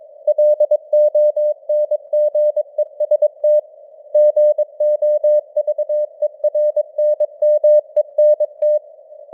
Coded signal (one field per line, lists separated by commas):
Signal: Morse code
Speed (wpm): 22 wpm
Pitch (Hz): 600 Hz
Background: none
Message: LONGEST GOVERNMENT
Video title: Morse Code News | 2025-11-13 | 22wpm